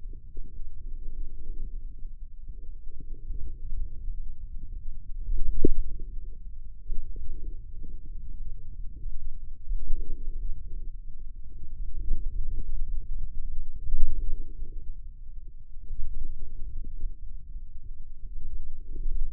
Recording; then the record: forearm muscle sounds (acoustic myography)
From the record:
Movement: wrist extension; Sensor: system 2, bracelet of six BSWA MPA416 microphones around the upper forearm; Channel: 6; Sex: male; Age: 22 years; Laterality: right